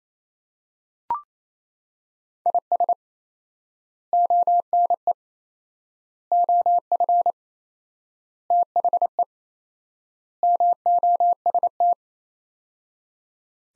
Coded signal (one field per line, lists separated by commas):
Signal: Morse code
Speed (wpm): 28 wpm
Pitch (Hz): 700 Hz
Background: none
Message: IS ONE OF THE MOST